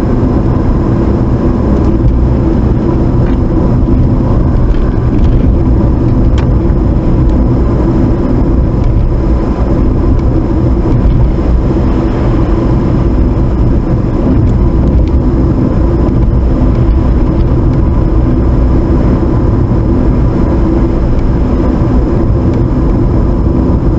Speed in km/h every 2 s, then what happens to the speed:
55, 56, 60, 60, 60, 61, 60, 60, 60, 60, 58, 56.
0-24 steady at about 60.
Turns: none.